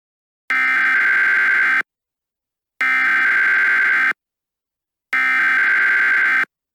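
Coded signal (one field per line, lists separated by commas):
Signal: Emergency Alert System (SAME) tones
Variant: header bursts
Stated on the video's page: EAS tones in a fictional scenario made with Movie Maker 2012.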